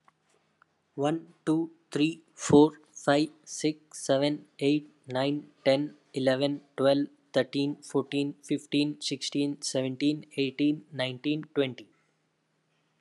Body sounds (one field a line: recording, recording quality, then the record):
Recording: counting at a normal pace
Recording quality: excellent, no background noise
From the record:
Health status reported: healthy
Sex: male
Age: 26 years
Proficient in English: yes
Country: India